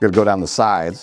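A bottom plastic protective shell case from MAXCases for a MacBook Neo is being pressed down along the sides of the laptop, but nothing has snapped or seated yet. Someone talks over faint background music, and no click is heard before the clip ends.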